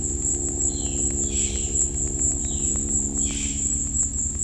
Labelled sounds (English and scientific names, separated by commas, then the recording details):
Violaceous Jay (Cyanocorax violaceus)
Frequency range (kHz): Violaceous Jay (Cyanocorax violaceus) 1.3-10.5 kHz
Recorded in dense forest near Puerto Asís, Putumayo, Colombia, on 19 February 2024 at 15:00
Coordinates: 0.487, -76.319
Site G6403